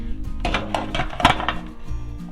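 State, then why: Seated. A metal grease trap cup is slid up and under a 36-inch Blackstone griddle into its frame rails, producing a series of metallic clatters and clinks. The loudest clatter, at 1.2 seconds, is where it locks into place and seats.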